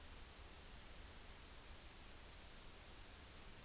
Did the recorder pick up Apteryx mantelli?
no